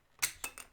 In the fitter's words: you'll hear it click and then go to the bottom and